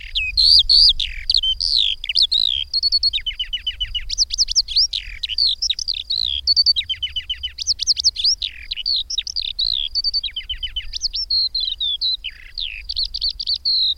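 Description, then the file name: Eurasian skylark singing a fast, continuous high warble of chirps, quick rattling trills and sliding whistles, run together with barely a pause, over a soft low rumble. "Mezei pacsirta"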